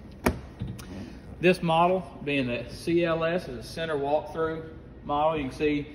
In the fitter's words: snaps into place